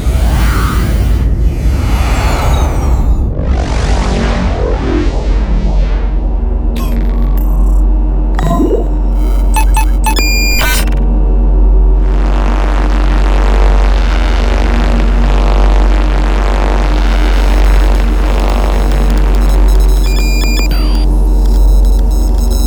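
Spaceship sound effects: a constant deep engine drone underlies layered whooshes, hisses and electronic pings. Sharp metallic tones and bursts cluster around seconds seven to eleven, followed by a long hissing rush from about twelve seconds, with more beeps near the end.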